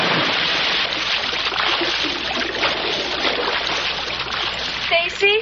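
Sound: water splashing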